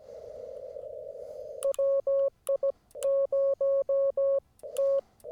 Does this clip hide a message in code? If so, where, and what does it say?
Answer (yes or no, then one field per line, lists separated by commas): yes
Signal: Morse code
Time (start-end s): 1.6-5.0 s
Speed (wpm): 17 wpm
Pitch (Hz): 550 Hz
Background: none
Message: WI0T